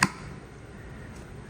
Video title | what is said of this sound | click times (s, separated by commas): Broken Fuel Door Pocket Housing Replacement Ford Explorer. | and there you go now it's locked into place make sure that it's flush all the way around if it is not | 0.0 s